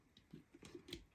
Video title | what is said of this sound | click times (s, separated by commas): ഇങ്ങനൊരു മിക്സി ലോകത്തിൽ ആദ്യം 🎁👌 Isonic mixer Grinder 🔥 | lock okay കാരണം ഇത്ര ഓക്കേ അപ്പൊ ലോക്ക് ആയി | 0.9 s